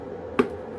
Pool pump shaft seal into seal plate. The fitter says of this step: Should kind of sit right in there. Clicks right in.